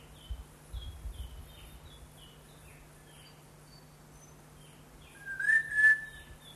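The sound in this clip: Greater ground-robin gives a loud, steady whistle near the end, with faint high chirps throughout.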